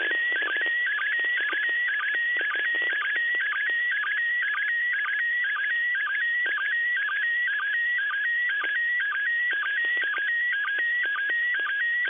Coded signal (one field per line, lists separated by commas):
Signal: SSTV (slow-scan television)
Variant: PD 120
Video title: 2021년 연말 ISS SSTV 두 번째 수신 2021-12-28 10:33